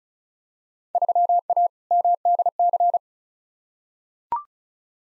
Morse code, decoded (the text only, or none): 3A MDC